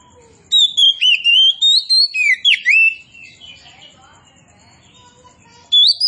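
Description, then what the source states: Oriental magpie-robin song: a long string of loud, varied whistles and sweeping slurred notes, followed by softer warbling, then a fresh loud phrase at the close. Indonesian name Kacer Poci; described as gacor, singing actively and vigorously.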